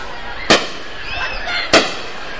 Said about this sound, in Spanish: Ahora tenemos fuegos pirotécnicos de dirección de la iglesia. Andan de ahí los tigres de bengala. No son, esos son cohetes de vara, señor. Nada de luces de bengala.